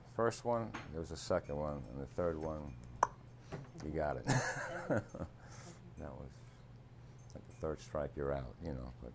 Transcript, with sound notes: First one, there was a second one, and the third one, you got it. (laughs) That was--- third strike you're out, you know?